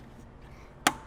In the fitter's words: there second snap and we're in and now we've got our gas spring installed